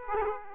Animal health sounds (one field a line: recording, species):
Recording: mosquito wingbeat signal from an infrared sensor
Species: Aedes aegypti